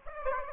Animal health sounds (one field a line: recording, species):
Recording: mosquito wingbeat signal from an infrared sensor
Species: Aedes aegypti